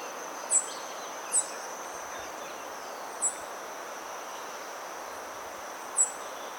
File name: Green Honeycreeper